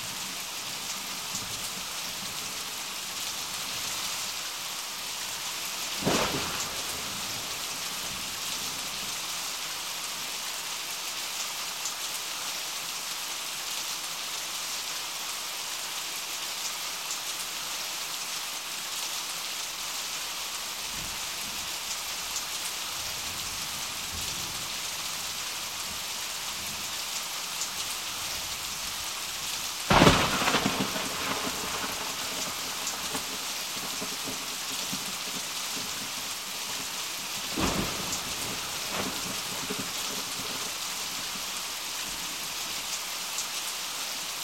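Steady rain hisses throughout, a dense, even patter with plenty of bright high sound. A few short thunder cracks break through, one near 6 seconds, a louder one around 30 seconds and another near 37, each quickly fading back into the rain.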